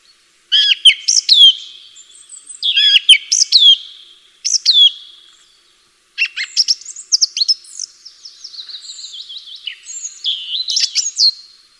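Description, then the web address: Bird song: clusters of sharp high chirps and whistled downslurs in short bursts, then a longer stretch of tumbling high warbling and twitters. "atelierson sons birds"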